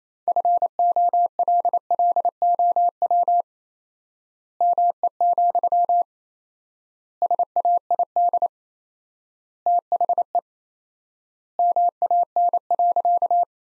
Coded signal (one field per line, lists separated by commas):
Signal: Morse code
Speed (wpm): 28 wpm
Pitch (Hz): 700 Hz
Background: none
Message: FOLLOW ME, SAID THE MAN.